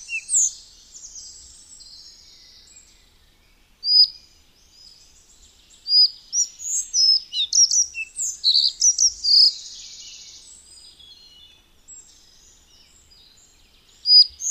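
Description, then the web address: Collared flycatcher song: mostly quiet, with a couple of isolated high squeaks, then a burst of thin, varied, squeaky high notes and a brief buzz, and a final chirp. "Madardalok. Örvös légykapó"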